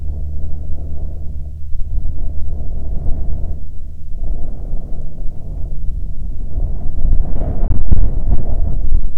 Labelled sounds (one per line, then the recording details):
songbird
wind
aircraft
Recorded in the Prudhoe Bay oil fields, Alaska, on 5 June 2019 at 13:34
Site 16